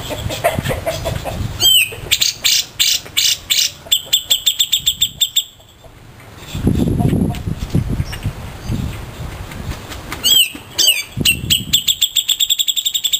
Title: Cucak Jenggot -RESING